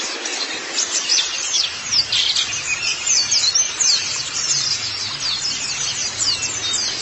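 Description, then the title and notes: White-eye song: high, thin chirps chatter densely and unbroken. "Kicauan Burung Pleci Durasi Panjang. Suara kicauan burung pleci"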